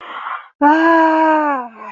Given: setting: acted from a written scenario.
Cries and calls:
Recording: vocal sound without words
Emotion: negative surprise

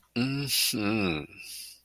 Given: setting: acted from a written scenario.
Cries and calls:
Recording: vocal sound without words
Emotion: desire

